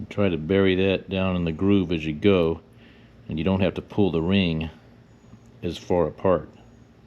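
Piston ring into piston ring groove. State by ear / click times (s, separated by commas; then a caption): not seated / none. A steel piston ring for a 50cc GY6 139QMB big bore kit is worked down into its groove on the piston while someone talks, with quiet pauses between phrases. The ring is handled but not yet home; nothing has seated or clicked yet.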